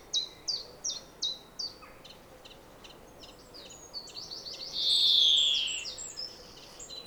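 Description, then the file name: European greenfinch: a few sharp chirps open, then a quieter stretch, then a cluster of twittering notes with a long buzzy wheeze near the end. "Chloris chloris"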